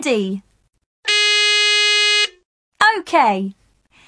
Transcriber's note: sound of buzzer